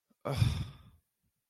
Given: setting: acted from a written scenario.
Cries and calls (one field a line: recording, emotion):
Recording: vocal sound without words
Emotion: disappointment